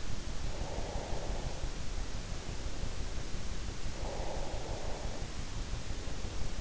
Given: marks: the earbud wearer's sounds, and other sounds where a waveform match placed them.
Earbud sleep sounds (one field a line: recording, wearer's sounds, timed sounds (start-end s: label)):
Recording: sounds in sleep by an in-ear microphone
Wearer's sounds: breath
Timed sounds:
0.31-2.95 s: breath
3.79-6.38 s: breath